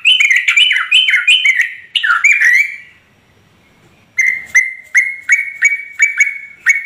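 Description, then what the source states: Yellow-vented Bulbul song, fast warbled phrases, then about a second of near silence before sharper, evenly spaced whistled notes resume. Trucukan singing vigorously (gacor) in rapid continuous delivery (ropel), its song filled with material taken from other birds (isian).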